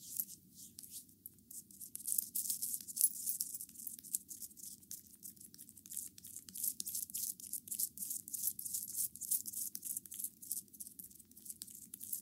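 A massage with bamboo brooms: dense, crisp brushing swishes in quick irregular strokes over a soft, steady low murmur throughout.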